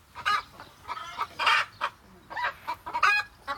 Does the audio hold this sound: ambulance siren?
no